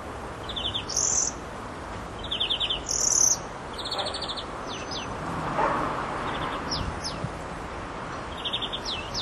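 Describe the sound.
European greenfinch calls: short buzzy trilled bursts and high chirps repeated throughout, with thin descending notes between them over a steady background hiss.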